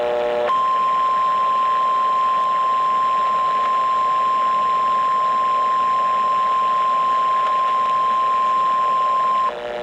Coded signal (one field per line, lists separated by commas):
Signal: Emergency Alert System (SAME) tones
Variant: 1050 Hz attention tone